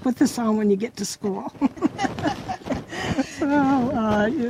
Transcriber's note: both laugh